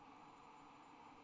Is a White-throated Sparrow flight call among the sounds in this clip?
no